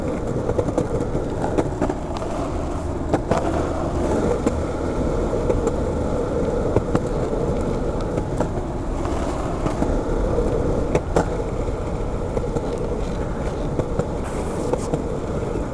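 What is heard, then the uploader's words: Skateboard wheels roll steadily over pavement, a dense, low rumble that holds constant for the whole stretch. Sharp clacks and bumps from cracks and seams break through every second or two, with a faint hint of traffic and street sounds behind. We skate along the city's streets, sidewalks, and a bike path that runs alongside train tracks and crosses a river. Skating Under a Bridge.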